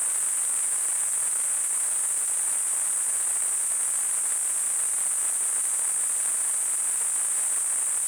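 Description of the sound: A steady, very high-pitched hiss runs unchanged for about eight seconds, with a fainter, broader rushing noise beneath it. This is a simulated tinnitus sound, imitating the constant ringing or hissing heard in the ears.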